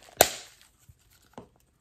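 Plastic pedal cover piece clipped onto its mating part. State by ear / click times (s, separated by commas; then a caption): seated / 0.2 s. A plastic pedal cover piece for a car, taken out while unboxing, is clipped onto its mating part and gives a single sharp, loud snap at 0.2 s that rings briefly before fading. Fainter ticks and handling sounds follow, with a second smaller tap around 1.4 s. The piece snaps home and is seated.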